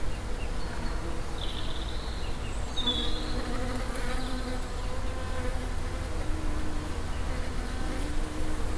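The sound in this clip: Bees giving a continuous droning buzz, with brief faint bird notes above and low rumble underneath.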